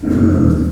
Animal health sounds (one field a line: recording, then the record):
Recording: squeal of a Yucatan mini pig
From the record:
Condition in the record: after surgery on the right vocal fold (resection and tissue-engineered implant)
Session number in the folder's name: 7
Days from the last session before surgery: 47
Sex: female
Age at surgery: 19 weeks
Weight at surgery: 25 kg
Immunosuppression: prednisolone